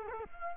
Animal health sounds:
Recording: mosquito wingbeat signal from an infrared sensor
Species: Culex quinquefasciatus

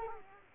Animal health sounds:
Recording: mosquito wingbeat signal from an infrared sensor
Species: Culex quinquefasciatus

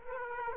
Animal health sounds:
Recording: mosquito wingbeat signal from an infrared sensor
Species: Aedes aegypti

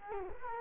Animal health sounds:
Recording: mosquito wingbeat signal from an infrared sensor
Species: Culex quinquefasciatus

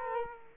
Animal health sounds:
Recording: mosquito wingbeat signal from an infrared sensor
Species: Culex quinquefasciatus

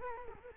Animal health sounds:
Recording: mosquito wingbeat signal from an infrared sensor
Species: Culex quinquefasciatus

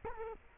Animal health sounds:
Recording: mosquito wingbeat signal from an infrared sensor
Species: Culex quinquefasciatus

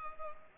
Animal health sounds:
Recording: mosquito wingbeat signal from an infrared sensor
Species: Culex pipiens

